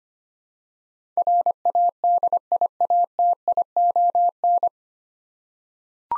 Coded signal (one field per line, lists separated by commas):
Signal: Morse code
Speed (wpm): 25 wpm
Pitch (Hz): 700 Hz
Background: none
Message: RADIATION